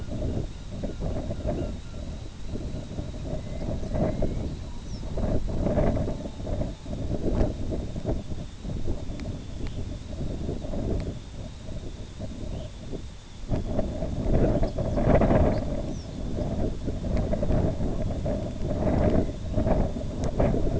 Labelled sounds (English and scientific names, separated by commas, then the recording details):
Purple Sandpiper (Calidris maritima), Snow Bunting (Plectrophenax nivalis), Red Phalarope (Phalaropus fulicarius), Dunlin (Calidris alpina)
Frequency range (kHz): Snow Bunting (Plectrophenax nivalis) 3.3-6.7 kHz; Red Phalarope (Phalaropus fulicarius) 2.2-4.5 kHz; Dunlin (Calidris alpina) 1.4-2.5 kHz
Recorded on Arctic tundra, site IGLO-B, on 23 June 2018
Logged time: 11:59